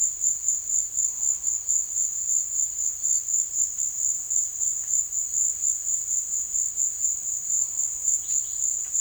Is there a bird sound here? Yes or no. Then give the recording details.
yes. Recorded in secondary vegetation near Puerto Asís, Putumayo, Colombia, on 25 June 2025. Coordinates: 0.488, -76.319. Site G094